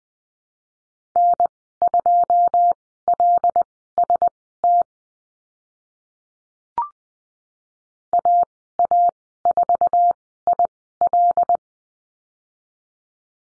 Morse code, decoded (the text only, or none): N2LST AA4IL